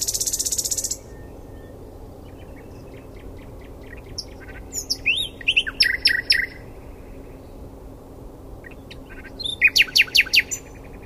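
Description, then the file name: Common nightingale song: an opening rapid buzzy rattle, quiet ticking notes, then scattered bursts of sharp chips and slurs separated by pauses. "Luscinia megarhynchos"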